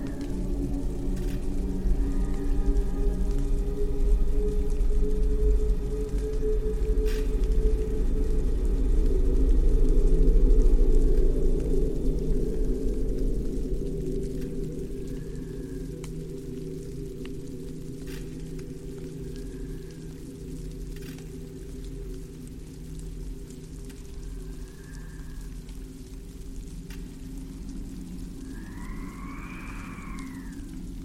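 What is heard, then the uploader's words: Eerie atmosphere of an abandoned city: a thick, low droning rumble with layered tones swells until about ten seconds, then eases to a steadier hum. Faint whale-like arcing calls drift above it every few seconds, a louder rising one near the end, with occasional sharp ticks. Eerie atmosphere of abandoned city.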